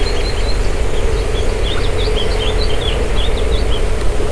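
Bird chirping: thin, high, short chirps repeated steadily over a constant low rumble.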